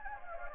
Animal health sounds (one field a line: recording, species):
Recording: mosquito wingbeat signal from an infrared sensor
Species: Anopheles gambiae